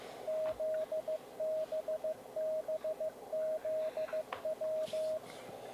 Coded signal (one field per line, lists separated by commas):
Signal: Morse code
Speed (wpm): 15 wpm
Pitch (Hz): 630 Hz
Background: radio noise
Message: ZBBZW